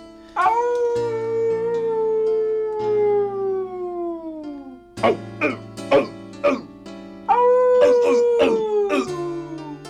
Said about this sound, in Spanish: Al cabo de unos días, al anochecer, el lobo aulló llamando al perro.